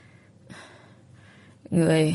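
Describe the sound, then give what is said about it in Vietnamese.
Heavy, ragged panting from a person stroking their chest: a few quick breathy inhales and exhales in a steady rhythm, ending in a sudden louder, voiced gasp. “Tôi lại tiếp tục thở hồng hộc, vuốt vai ngực mình rồi mới nói.”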